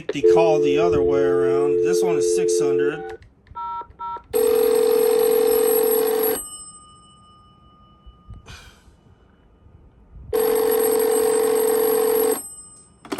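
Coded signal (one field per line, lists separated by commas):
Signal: telephone call progress tone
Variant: North America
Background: speech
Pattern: dial tone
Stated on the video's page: Call progress tone heard on an antique French-style rotary phone connected to a Cisco VoIP phone system.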